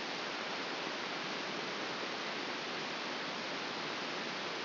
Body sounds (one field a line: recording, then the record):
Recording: brain microelectrode recording played as sound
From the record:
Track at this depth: outside the subthalamic nucleus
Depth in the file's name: 6.001 mm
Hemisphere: right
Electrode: 2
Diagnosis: Parkinson's disease